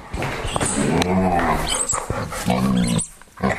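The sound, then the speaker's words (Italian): A seven-year-old guide dog growls and yips in loud, playful bursts, with two drawn-out, low rumbling growls broken up by short, sharp yelps. No one speaks. “Questa è Tina. Ha 7 anni. È il mio cane guida ormai da circa 5 anni e mezzo.”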